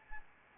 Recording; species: mosquito wingbeat signal from an infrared sensor; Anopheles arabiensis